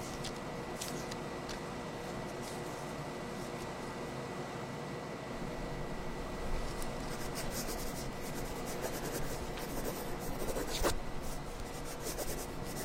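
Scattered taps and light clicks from typing and paper handling sit over a steady mechanical hum with a faint high whine. The clicks are sparse early on, grow busier from about eight to eleven seconds, and include one sharper knock near eleven seconds.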